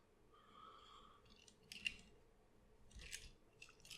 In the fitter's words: Come on, move until it clicks. There it goes. That one's a bit tough.